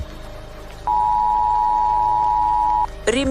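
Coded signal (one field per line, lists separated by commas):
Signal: Emergency Alert System (SAME) tones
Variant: 853 and 960 Hz attention tone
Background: speech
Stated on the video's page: Fictional doomsday EAS broadcast scenario about nuclear war, told from Russia's perspective.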